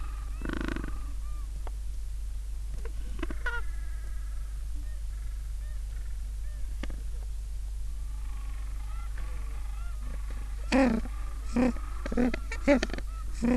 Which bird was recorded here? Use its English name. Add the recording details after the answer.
Gentoo Penguin. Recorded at the colony at Booth Island, Antarctica, on 21 December 2014. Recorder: Song Meter SM2+